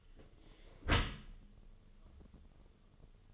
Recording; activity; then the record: daily activity, microphone in the room; close dishwasher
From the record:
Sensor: 4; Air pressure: 1015.9 hPa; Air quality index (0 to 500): 102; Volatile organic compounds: 2 ppm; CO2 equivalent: 1149 ppm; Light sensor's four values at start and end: 8/18/7/7 and 8/18/7/7